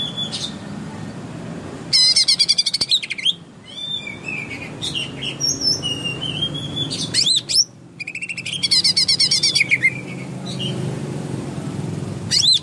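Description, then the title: Greater green leafbird singing a varied medley of rapid chattering trills and clear slurred whistles, the trilled bursts returning between whistled phrases over a low background hum. Recorded in Kalimantan in 2014. "Suara Burung Cucak Ijo 2014 Kalimantan"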